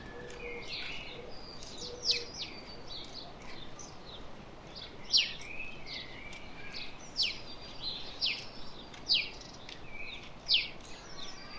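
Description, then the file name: House sparrow calls, loud abrupt chirps spaced one to three seconds apart over fainter twittering and constant background noise. "Passer domesticus"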